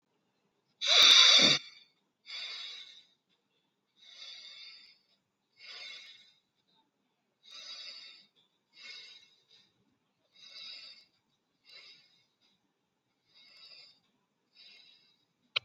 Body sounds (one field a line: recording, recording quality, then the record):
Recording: shallow breathing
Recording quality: excellent, no background noise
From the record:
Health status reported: healthy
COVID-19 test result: not tested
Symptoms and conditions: none ticked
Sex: male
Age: 33 years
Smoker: not ticked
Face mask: not worn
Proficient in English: yes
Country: India